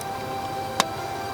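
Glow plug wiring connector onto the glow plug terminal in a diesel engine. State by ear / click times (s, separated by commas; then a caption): seated / 0.8 s. A glow plug wiring connector, cleaned of dirt with a screwdriver, is pushed onto the terminal of a new glow plug in an Alfa Romeo diesel engine. A single sharp, bright click sounds at 0.8 s over a steady low background hum. The connector is seated.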